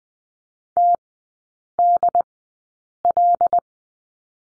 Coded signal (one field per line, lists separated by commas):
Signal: Morse code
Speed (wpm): 20 wpm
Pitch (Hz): 700 Hz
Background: none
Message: T D L